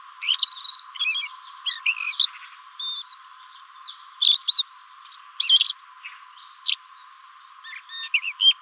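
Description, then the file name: Common blackbird calling with high squeaky chirps and short twittering phrases, loud bursts spaced a second or so apart, quieter scratchy notes between. "Turdus merula"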